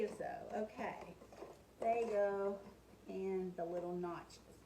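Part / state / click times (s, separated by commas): slicer foot into frame notch / not seated / none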